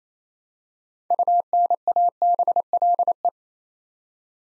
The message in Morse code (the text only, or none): UNABLE